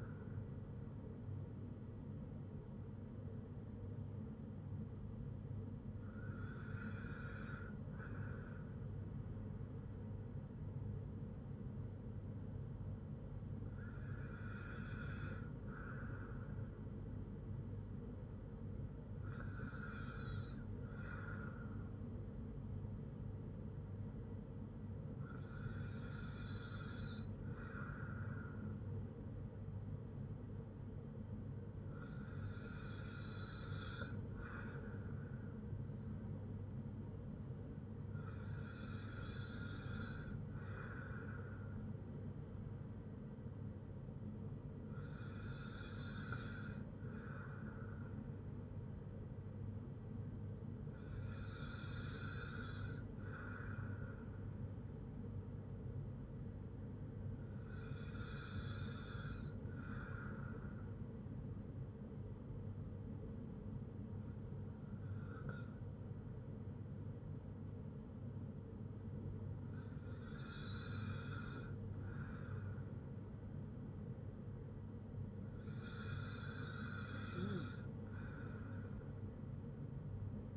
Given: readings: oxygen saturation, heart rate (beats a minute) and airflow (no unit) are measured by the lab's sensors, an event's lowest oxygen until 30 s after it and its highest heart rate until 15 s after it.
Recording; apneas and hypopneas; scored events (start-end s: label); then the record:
breathing in sleep by a smartphone at the bedside; none
17.00-80.57 s: new sleep stage, N2 (light sleep)
From the record:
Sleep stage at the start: N1 (lightest sleep); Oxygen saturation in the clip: 95 to 97%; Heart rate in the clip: 54 to 60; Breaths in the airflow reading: 13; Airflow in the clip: -4.4 to 3.0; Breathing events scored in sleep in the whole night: 182 in 7.4 hours asleep